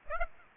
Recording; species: mosquito wingbeat signal from an infrared sensor; Aedes aegypti